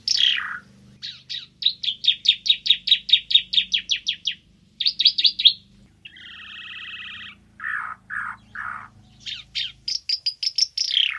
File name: suara burung ara timor